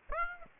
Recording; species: mosquito wingbeat signal from an infrared sensor; Aedes aegypti